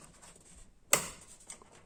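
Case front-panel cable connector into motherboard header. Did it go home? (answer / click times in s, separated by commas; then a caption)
yes / 0.9 s. A plastic case front-panel cable plug, likely the USB 3.0 connector, is pushed onto a motherboard header. Against a quiet background with faint handling noise, a single sharp click sounds at 0.9 s, followed by a few softer taps. The connector clips in and is seated.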